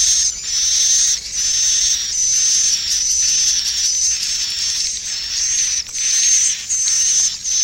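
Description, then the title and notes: Swiftlet calls, long hissy high-pitched bursts, each lasting about a second, repeated with brief gaps throughout. Used for swiftlet farming in Asia. "Swiflet Bird Sound. Farming Swiflet Bird asia sound"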